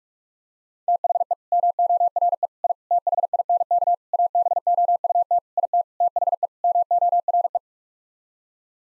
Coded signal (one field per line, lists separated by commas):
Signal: Morse code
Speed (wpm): 46 wpm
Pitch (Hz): 700 Hz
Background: none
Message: THE MORE I THINK ABOUT IT THE MORE